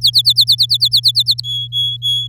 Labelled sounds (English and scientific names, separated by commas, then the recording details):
Domestic Canary (Serinus canaria) song
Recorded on 8 May 2018 at 15:42
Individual llb16